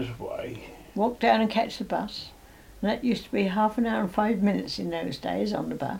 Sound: none